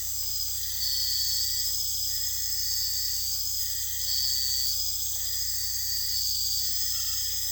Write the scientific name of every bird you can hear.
none